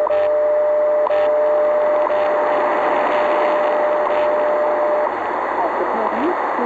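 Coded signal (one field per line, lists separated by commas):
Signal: radio time signal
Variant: WWV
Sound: steady low audio tone broken by a short tick every second, under loud hiss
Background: radio static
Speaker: hi this is radio station WWV Fort Collins Colorado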